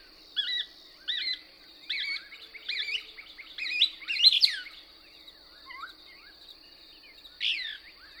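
Couch's Kingbird song: a series of doubled twittering notes accelerating into a sharp, squealing climax, then a quieter pause and one last slurred burst, with a steady high hum.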